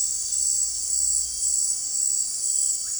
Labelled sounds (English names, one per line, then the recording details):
none
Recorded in secondary vegetation near Puerto Asís, Putumayo, Colombia, on 19 March 2025 at 17:30
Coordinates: 0.499, -76.323
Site G094